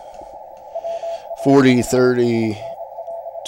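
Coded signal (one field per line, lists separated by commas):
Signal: Morse code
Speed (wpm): 29 wpm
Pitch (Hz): 670 Hz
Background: speech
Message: WA5SNL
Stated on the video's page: CW received with an RTL-SDR dongle and HDSDR.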